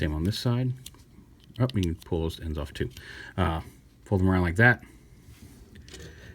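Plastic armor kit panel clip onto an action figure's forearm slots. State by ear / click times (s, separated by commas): seated / 5.8 s, 5.9 s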